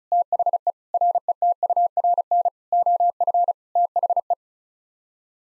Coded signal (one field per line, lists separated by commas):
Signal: Morse code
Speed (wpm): 36 wpm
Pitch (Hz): 700 Hz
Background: none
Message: THE RETURN OF THE